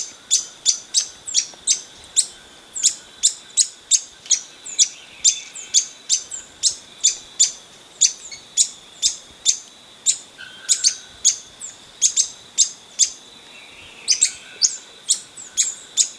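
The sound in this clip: Bird calls: a steady stream of sharp, high-pitched chirps, two to three per second, with brief lower whistled notes now and then.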